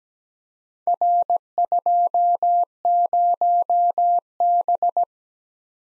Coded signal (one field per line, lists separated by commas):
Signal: Morse code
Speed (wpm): 17 wpm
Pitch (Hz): 700 Hz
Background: none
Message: R20B